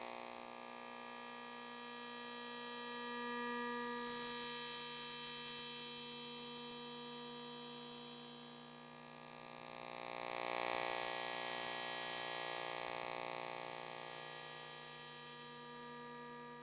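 Electromagnetic hum from an LED display, made audible as a steady, dense buzz of stacked tones from low to very high. The pitch layers hold fixed while a brighter hiss swells around four seconds and again near eleven, then settles back.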